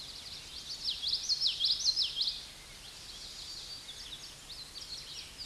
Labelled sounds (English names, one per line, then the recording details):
Common Yellowthroat song
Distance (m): 10 m
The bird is about level with the microphone
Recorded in a Pennsylvania forest on 16 May 2024 at 08:10
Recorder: AudioMoth, point MSD-1418
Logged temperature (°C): 16.4 °C
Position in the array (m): 221 m, 186 m